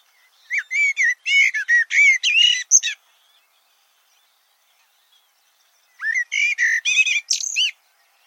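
Bird song phrase of quick chirping notes, a three-second pause, then a similar phrase ending in a higher whistle.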